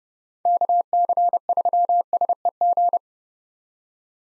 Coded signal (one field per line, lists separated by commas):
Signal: Morse code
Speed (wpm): 30 wpm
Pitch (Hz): 700 Hz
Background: none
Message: KC3SEG